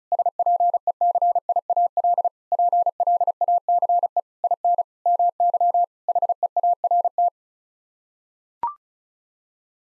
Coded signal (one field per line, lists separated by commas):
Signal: Morse code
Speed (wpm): 36 wpm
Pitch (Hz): 700 Hz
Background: none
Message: SPECIAL PLACE IN MY HEART